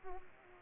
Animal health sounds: mosquito wingbeat signal from an infrared sensor; Aedes aegypti

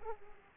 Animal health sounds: mosquito wingbeat signal from an infrared sensor; Aedes aegypti

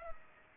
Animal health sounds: mosquito wingbeat signal from an infrared sensor; Culex pipiens

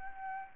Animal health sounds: mosquito wingbeat signal from an infrared sensor; Aedes albopictus

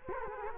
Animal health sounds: mosquito wingbeat signal from an infrared sensor; Culex quinquefasciatus

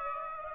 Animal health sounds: mosquito wingbeat signal from an infrared sensor; Aedes aegypti

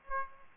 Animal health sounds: mosquito wingbeat signal from an infrared sensor; Aedes aegypti

